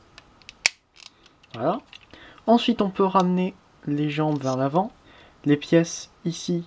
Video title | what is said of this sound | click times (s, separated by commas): (FR) Voyager SPRINGER review (Transformers Generations) | ça jusqu'à ce qu' l'Ille se clipser à l'avant ici voilà | 0.7 s